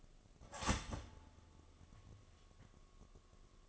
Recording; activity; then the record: daily activity, microphone in the room; start toaster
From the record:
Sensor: 4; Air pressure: 1015.5 hPa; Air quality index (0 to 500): 192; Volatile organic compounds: 9 ppm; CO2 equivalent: 2153 ppm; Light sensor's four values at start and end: 4/9/3/3 and 4/9/3/3